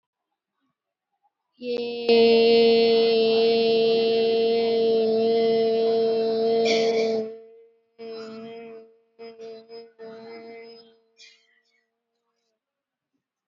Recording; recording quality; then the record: sustained vowel as in made; excellent, no background noise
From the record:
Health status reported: exposed to COVID-19, no respiratory illness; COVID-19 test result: negative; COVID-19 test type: RT-PCR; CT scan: taken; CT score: 25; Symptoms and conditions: fever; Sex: female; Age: 51 years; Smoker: no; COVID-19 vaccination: both doses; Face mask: worn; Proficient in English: yes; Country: India